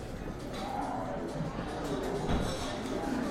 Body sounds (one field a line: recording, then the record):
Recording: background sound without coughing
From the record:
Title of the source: 60 minutes of coffee shop sounds for study and concentration